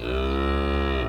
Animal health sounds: contact call of a hoofed animal; cattle; low-frequency (closed-mouth) or high-frequency (open-mouth) call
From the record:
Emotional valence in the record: positive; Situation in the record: physical reunion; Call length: 1.09 s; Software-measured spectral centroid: 1680 Hz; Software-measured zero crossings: 1270 a second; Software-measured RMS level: -24 dBFS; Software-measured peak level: -13 dBFS

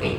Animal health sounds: contact call of a hoofed animal; pig; closed-mouth grunt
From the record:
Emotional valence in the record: positive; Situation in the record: food and toys in familiar pen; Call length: 0.19 s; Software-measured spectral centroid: 1980 Hz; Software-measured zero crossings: 1960 a second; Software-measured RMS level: -25 dBFS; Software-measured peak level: -10 dBFS

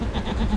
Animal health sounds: contact call of a hoofed animal; goat; low-frequency (closed-mouth) or high-frequency (open-mouth) call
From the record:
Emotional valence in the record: negative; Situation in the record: short social isolation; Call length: 0.57 s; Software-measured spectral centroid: 1620 Hz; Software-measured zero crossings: 920 a second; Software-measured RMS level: -24 dBFS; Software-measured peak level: -11 dBFS

